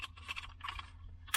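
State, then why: Not seated. A new plastic climate control panel for a Corolla is handled and lined up against the dash trim bezel before being pushed in to snap into place. Light plastic taps and rattles come through, with a sharper knock near the end. The clip stops just before the panel goes home, and nothing has seated or clicked yet.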